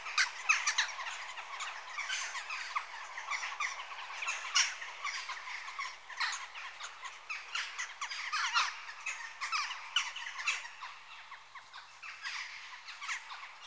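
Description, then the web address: Jackdaws in a noisy group, harsh short calls tumbling over one another without pause, some louder notes standing out now and then. Adult birds. "BBC Sound Effects Library Birds Jackdaw (Corvus Monedula) Adults"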